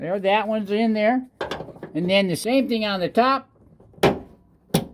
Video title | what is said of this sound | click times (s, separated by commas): Give me 5 minutes and I will show you the most highly ignored but important S197 upgrade ever | Just a matter of popping it in place, and that one's done. | 4.0 s, 4.8 s